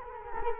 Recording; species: mosquito wingbeat signal from an infrared sensor; Culex quinquefasciatus